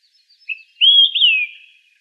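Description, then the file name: Olive-sided flycatcher singing one phrase: a brief opening note followed by a bright upslurred whistle and a long downslurred whistle, with faint high chips before it. Recorded 19 June 2004. "OSFL 1 deviche"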